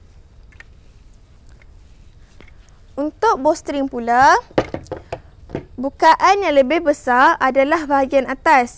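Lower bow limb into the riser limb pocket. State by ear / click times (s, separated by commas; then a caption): seated / 0.6 s. The lower bow limb is pushed into the lower part of the riser's limb pocket and clicks into place at 0.6 s, seating it. Small knocks and handling taps follow in a quiet stretch before someone starts talking around 3 s and keeps talking, with a few more taps in between.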